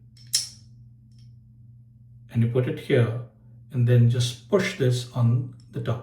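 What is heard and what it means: With the blade loaded, the blade clamp cap of a Chisel Plow single-edge safety razor head is handled as it is about to be pushed down on top, with a brief sharp tick near the start and someone talking. Nothing has seated or clicked yet.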